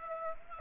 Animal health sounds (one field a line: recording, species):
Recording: mosquito wingbeat signal from an infrared sensor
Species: Aedes aegypti